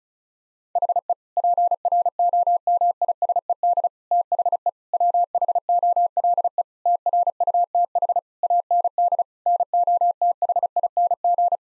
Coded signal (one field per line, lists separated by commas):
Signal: Morse code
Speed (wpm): 34 wpm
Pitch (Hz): 700 Hz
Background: none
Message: HE PROMISED THE WHOLE TRUTH AND NOTHING